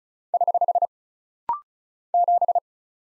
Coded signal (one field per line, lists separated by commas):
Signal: Morse code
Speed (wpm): 36 wpm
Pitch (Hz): 700 Hz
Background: none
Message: <HH> 7